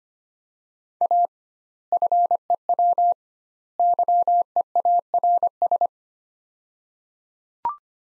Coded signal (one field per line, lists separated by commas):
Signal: Morse code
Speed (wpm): 25 wpm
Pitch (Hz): 700 Hz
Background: none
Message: A FEW YEARS